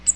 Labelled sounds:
Cape May Warbler flight call

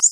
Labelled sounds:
Orange-crowned Warbler flight call

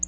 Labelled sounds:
Black-throated Blue Warbler flight call

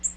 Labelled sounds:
Nashville Warbler flight call

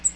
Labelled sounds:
Cape May Warbler flight call

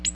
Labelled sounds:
Ovenbird flight call

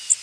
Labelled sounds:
Blackburnian Warbler flight call

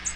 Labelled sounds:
American Redstart flight call

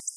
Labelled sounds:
Black-throated Blue Warbler flight call

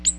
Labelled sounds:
Ovenbird flight call

